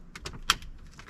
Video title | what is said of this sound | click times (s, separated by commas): C5 Corvette: Hazard Light Switch Diagnosis and Repair | Clicks right in, look at that. | 0.5 s